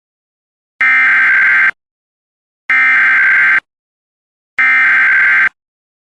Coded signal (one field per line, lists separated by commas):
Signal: Emergency Alert System (SAME) tones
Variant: header bursts